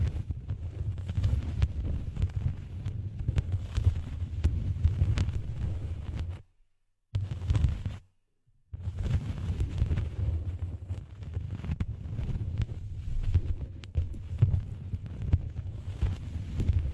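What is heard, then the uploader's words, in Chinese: Ear cleaning without any voice: steady, dense scratching and rubbing with a heavy low rumble, peppered with quick crackly clicks. The sound drops to complete silence twice, briefly, around seconds seven and eight, then returns just as thick. 无人声采耳助眠。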